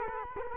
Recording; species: mosquito wingbeat signal from an infrared sensor; Culex quinquefasciatus